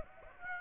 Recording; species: mosquito wingbeat signal from an infrared sensor; Aedes aegypti